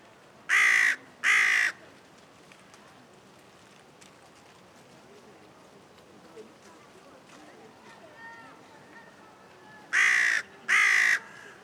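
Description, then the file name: Carrion crow giving two quick harsh caws, then a long quiet stretch with faint background sounds, then two more hoarse caws near the end. "Corvus corone"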